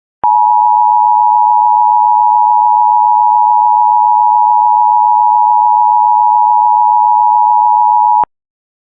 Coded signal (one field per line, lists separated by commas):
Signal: Emergency Alert System (SAME) tones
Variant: 853 and 960 Hz attention tone